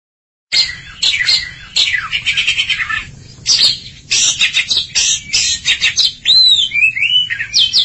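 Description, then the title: Oriental magpie-robin bursting into loud, harsh, scratchy notes and rapid chatter, followed by clear downslurred and rising whistles. Long-duration recording. "Kacer Durasi Panjang"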